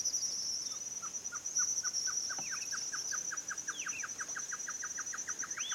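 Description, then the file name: Great antshrike calling a series of short mellow notes that quicken and bunch toward the end, with a rising note near the close and a steady shrill insect buzz throughout. Male and female calling together; recorded at Esperanza on 27 February 2017. "Chororó-Macho-y-Hembra Esperanza 27-02-2017"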